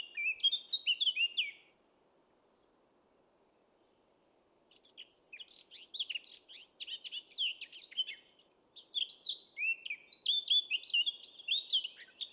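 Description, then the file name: Eurasian blackcap song: fast warbled phrases of varied high notes, one burst at the start, then a long lively run after a short silence, over faint low background hiss. "Sylvia atricapilla"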